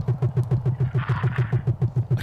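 Very fast, regular low thumps of an adult masked lapwing's heartbeat, picked up by an artificial egg in the nest, with faint cheeping from lapwing chicks still inside the real eggs beside it, before hatching.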